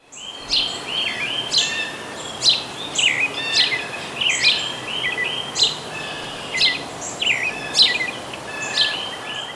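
Bird song: bright, high chirping phrases repeated roughly every second, each with quick sweeping notes, over a steady hiss of background noise.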